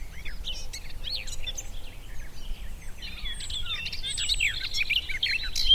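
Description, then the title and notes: Garden warbler song, a hurried stream of warbled phrases growing louder toward the end. Male garden warbler, a migrant, singing a fluted, rather frenetic song in spring on a scrubby hillside with hawthorns in bloom; recorded by Fergus Collins. "Sound escape 65: be enchanted by the little-known song of the garden warbler. the scrubby hillside hawthorns burst into bloom. a male garden warbler into his fluted song. Recorded by Fergus Collins"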